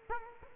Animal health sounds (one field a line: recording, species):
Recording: mosquito wingbeat signal from an infrared sensor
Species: Culex quinquefasciatus